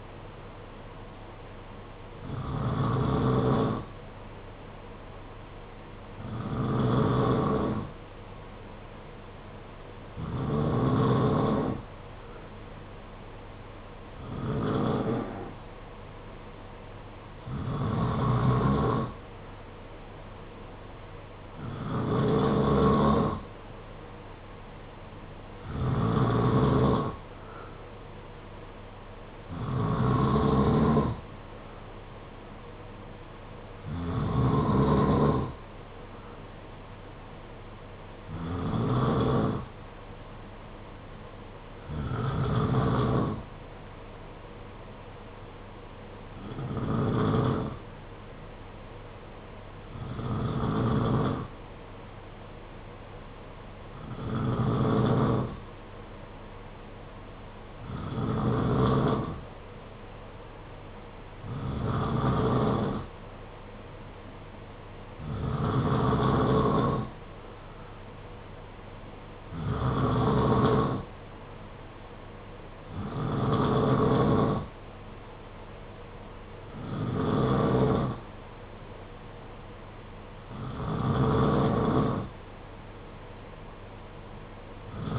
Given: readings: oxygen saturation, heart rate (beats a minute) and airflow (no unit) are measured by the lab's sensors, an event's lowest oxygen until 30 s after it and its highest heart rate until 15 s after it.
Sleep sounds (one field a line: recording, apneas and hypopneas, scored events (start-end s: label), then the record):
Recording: breathing in sleep by a voice recorder at the bedside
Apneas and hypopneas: none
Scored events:
none scored
From the record:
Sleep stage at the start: N2 (light sleep)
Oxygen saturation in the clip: 91 to 93%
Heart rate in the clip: 48 to 58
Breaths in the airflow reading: 21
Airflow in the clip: -5.9 to 4.1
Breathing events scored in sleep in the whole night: 476 in 9.7 hours asleep